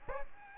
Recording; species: mosquito wingbeat signal from an infrared sensor; Aedes aegypti